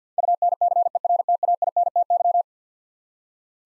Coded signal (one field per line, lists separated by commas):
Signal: Morse code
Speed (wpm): 49 wpm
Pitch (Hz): 700 Hz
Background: none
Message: UNCERTAINTY